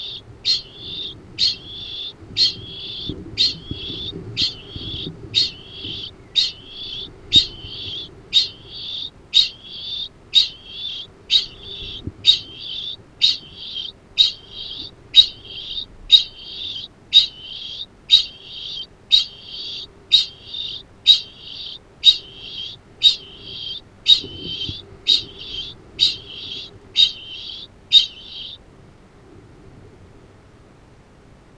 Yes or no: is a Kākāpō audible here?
yes